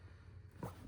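A metal connector clamp is pushed down into its slot between two Lovesac Sactional modular sofa sections, a step that can be a little tricky. Over a low hum, a short, sharp click sounds at 0.6 s as the clamp seats into place.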